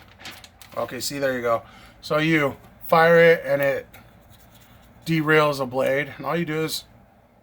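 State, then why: Not seated. Someone talks while handling a Microtech UTX-85 out-the-front knife whose metal blade has derailed after being fired, with a few faint brief ticks near the start. The blade has not yet been pulled back onto its track, and nothing has seated or clicked yet.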